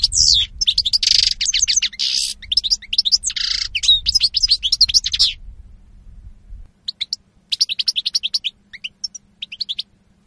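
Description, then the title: European goldfinch song, dense twittering with buzzy notes for several seconds, then quieter spaced chirping phrases, with a low rumble stopping midway. Spanish goldfinch lure call (reclamo). "Reclamo jilguero espaÑol"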